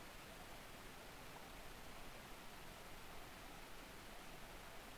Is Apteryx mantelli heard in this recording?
no